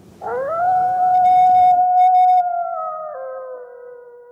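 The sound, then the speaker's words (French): A single long, loud howl rises quickly to a steady tone and holds for several seconds before sliding slightly lower, a wolf's mournful call with no talking over it. “Vous avez entendu? Quoi, le loup?”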